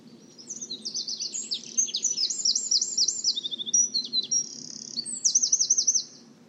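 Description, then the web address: Bird song: high, rapid twittering phrases with quick repeated notes and buzzy trills, ending in a fast series of sharp notes, over a low steady hum. "cianscape birddata Deverinetal 2025"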